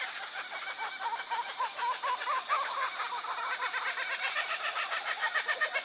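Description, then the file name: Laughing kookaburra cackling in quick repeated hoots and chuckles, with a rising run of notes in the middle and a continuous busy chorus throughout. Cry described as birdsong sounding very much like laughter. "Krik-kukabarry-Ptich e-penie-ochen -pohozhe-na-smeh"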